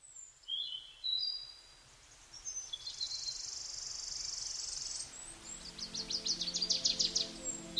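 Birds calling with short high chirps, a long sustained buzzy note, then a rapid pulsing trill, with a soft low hum entering halfway.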